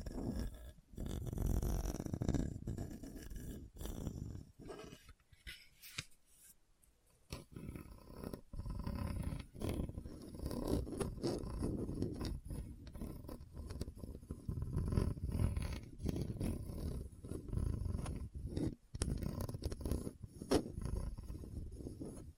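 Rough scratching over a hard, bumpy surface, a dense low grinding that runs nearly the whole time with many sharp ticks and scrapes. The texture keeps shifting in rhythm, with a brief lull around six to seven seconds before it resumes strongly.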